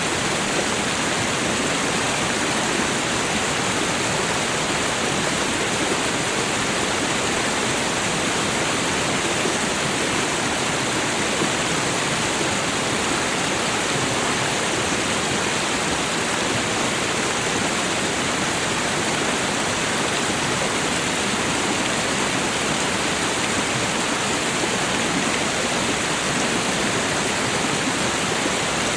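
A river waterfall pours steadily over rocks, a dense, unbroken rush of water that holds the same level for the whole half minute. The sound is full and hissing, rich in bright spray with a softer low rumble beneath, constant without distinct events.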